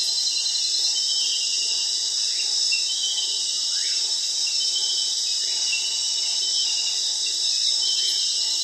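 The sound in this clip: Crickets in a thick, steady trilling chorus, with a few faint short rising chirps from another caller underneath.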